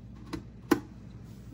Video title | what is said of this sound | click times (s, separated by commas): Primula Burke Deluxe Cold Brew Iced Coffee Maker, How to use and Review | it snaps down in there and I'm going to use the coffee | 0.7 s